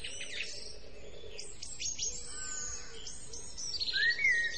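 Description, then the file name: Birds chirping and whistling, with quick downslurred and rising notes scattered through, over a low steady hum. "naturelax birds"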